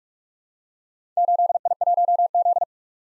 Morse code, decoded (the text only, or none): 8I1Z